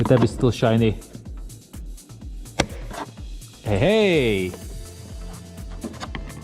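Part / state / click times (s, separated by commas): license plate light housing into bumper trim opening / seated / 6.1 s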